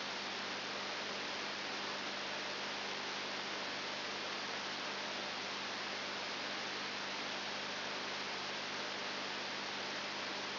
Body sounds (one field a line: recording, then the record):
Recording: brain microelectrode recording played as sound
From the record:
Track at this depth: outside the subthalamic nucleus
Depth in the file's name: 7.999 mm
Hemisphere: left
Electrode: 2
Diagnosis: Parkinson's disease